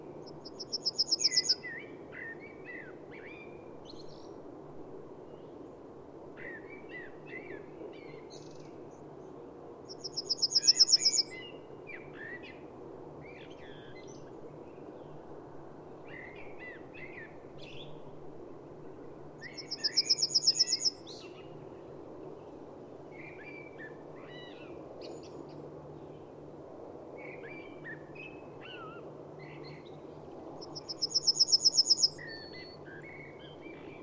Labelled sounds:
Yellowhammer (Emberiza citrinella) song

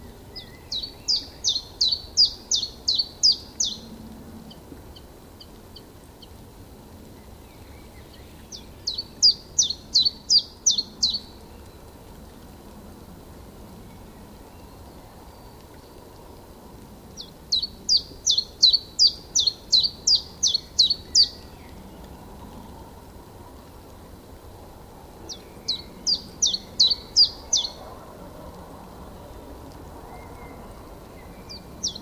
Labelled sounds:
Common Chiffchaff (Phylloscopus collybita) song

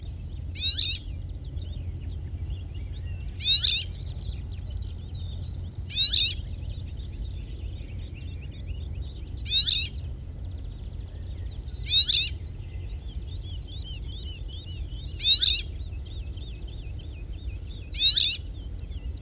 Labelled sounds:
Cirl Bunting (Emberiza cirlus) call

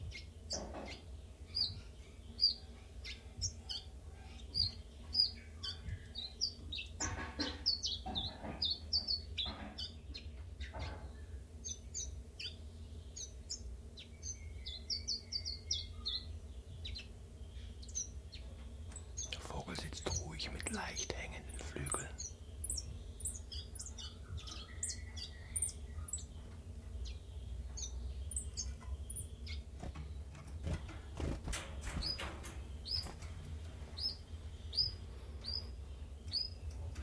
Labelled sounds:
Common Chiffchaff (Phylloscopus collybita)

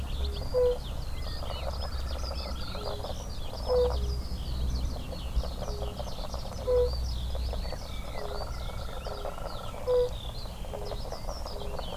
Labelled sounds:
Fire-Bellied Toad (Bombina bombina) call

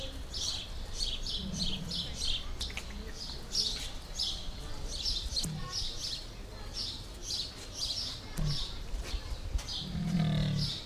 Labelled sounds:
Leopard (Panthera pardus) call

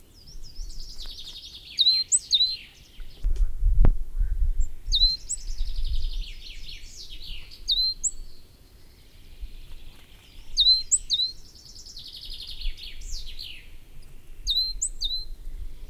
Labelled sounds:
Coal Tit (Periparus ater) song

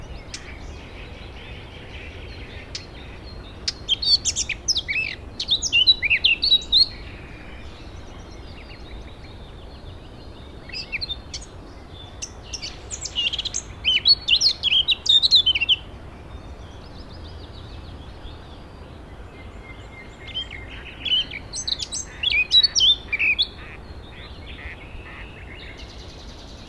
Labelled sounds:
Eurasian Blackcap (Sylvia atricapilla)

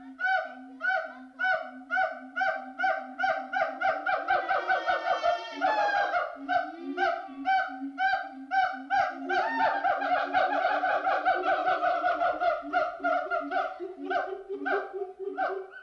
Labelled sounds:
Siamang (Symphalangus syndactylus)

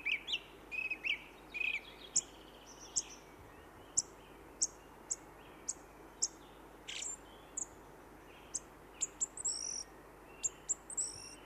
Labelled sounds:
Song Thrush (Turdus philomelos) song

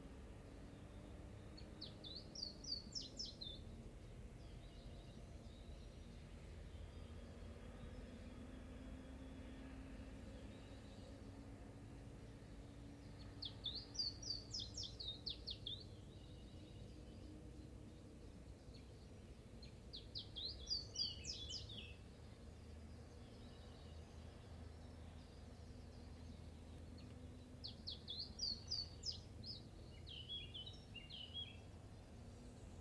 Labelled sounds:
Willow Warbler (Phylloscopus trochilus)

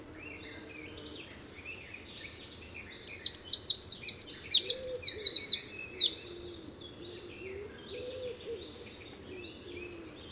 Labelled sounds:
Greenish Warbler (Phylloscopus trochiloides) song

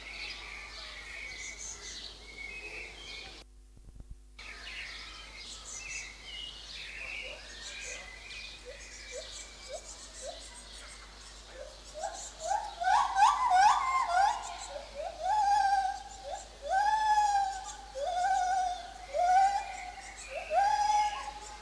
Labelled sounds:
Lar Gibbon (Hylobates lar)

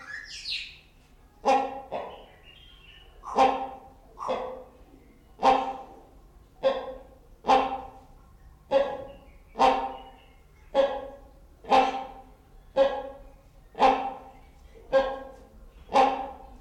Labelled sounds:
Great Hornbill (Buceros bicornis)

